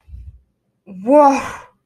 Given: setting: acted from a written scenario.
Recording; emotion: vocal sound without words; elation